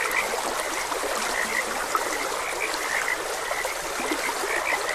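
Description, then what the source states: Frogs calling together with quick bright chirps scattered throughout, set against constant trickling stream noise. Frogs croaking beside a gentle stream; nature ambience.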